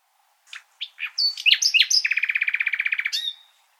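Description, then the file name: Common nightingale song: several separate sharp notes, then a fast run of repeated throbbing notes lasting over a second, ending in one drawn-out whistle. "Luscinia megarhynchos"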